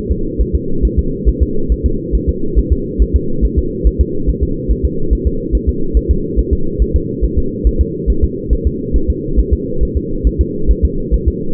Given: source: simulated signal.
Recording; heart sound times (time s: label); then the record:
fetal heart sounds
0.11 s: S2
0.41 s: S1
0.55 s: S2
0.85 s: S1
0.99 s: S2
1.29 s: S1
1.43 s: S2
1.72 s: S1
1.86 s: S2
2.15 s: S1
2.29 s: S2
2.59 s: S1
2.73 s: S2
3.02 s: S1
3.16 s: S2
3.45 s: S1
3.59 s: S2
3.87 s: S1
4.01 s: S2
4.29 s: S1
4.43 s: S2
4.71 s: S1
4.85 s: S2
5.13 s: S1
5.27 s: S2
5.55 s: S1
5.69 s: S2
5.97 s: S1
6.11 s: S2
6.39 s: S1
6.53 s: S2
6.82 s: S1
6.96 s: S2
7.24 s: S1
7.38 s: S2
7.67 s: S1
7.81 s: S2
8.10 s: S1
8.24 s: S2
8.53 s: S1
8.67 s: S2
8.96 s: S1
9.10 s: S2
9.39 s: S1
9.53 s: S2
9.83 s: S1
9.97 s: S2
10.27 s: S1
10.41 s: S2
10.71 s: S1
10.85 s: S2
11.14 s: S1
11.28 s: S2
From the record:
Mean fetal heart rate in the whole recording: 140 bpm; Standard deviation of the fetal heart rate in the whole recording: 2 bpm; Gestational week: 34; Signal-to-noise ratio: -8.1 dB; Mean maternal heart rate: 72 bpm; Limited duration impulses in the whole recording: absent